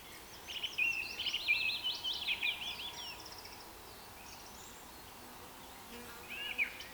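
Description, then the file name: Birds calling in a rain forest chorus: rapid zigzag chirps and thin whistled notes, busy in the first three seconds, then quieter, with a short burst near the end. "KPR Sounds - Rain Forest Bird Sounds"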